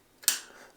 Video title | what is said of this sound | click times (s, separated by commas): How To Install An AR-15 Buffer System On Your AR Lower | there we go locked into place it is trapped inside of those two ears on the buffer tube | 0.3 s